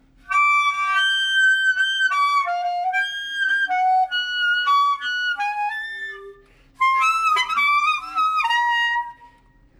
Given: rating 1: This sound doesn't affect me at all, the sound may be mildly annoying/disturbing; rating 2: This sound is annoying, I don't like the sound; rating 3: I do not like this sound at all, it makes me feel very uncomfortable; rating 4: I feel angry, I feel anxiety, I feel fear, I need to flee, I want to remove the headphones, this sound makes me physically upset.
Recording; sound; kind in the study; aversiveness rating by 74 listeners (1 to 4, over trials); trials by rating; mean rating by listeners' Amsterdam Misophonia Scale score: sound for misophonia research; clarinet squeaks; generally unpleasant; mean 2.34, standard deviation 0.87; 48 rated 1, 129 rated 2, 88 rated 3, 31 rated 4; 2.54 (sub-clinical, 0 to 4), 2.15 (mild, 5 to 9), 2.52 (moderate, 10 to 14), 2.29 (severe or extreme, 15 or more)